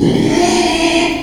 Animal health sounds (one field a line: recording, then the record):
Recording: squeal of a Yucatan mini pig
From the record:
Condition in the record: after surgery on the right vocal fold (resection and tissue-engineered implant)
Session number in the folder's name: 2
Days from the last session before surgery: 13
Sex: male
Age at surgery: 12 weeks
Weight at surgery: 13 kg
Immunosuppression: cyclosporine, prednisolone